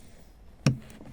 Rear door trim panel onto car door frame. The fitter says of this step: une fois que c'est enclenché là, vous mettez, vous trouvez.